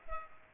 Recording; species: mosquito wingbeat signal from an infrared sensor; Culex pipiens